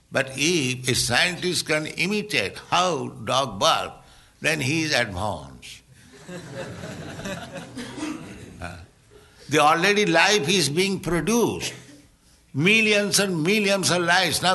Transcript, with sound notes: But if a scientist can imitate how dog bark, then he's advanced. [laughter] The already life is being produced, millions and millions of lives.